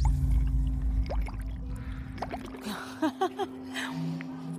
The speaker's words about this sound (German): Was da so blubbert, das ist hier der Moskau Mule von Emina.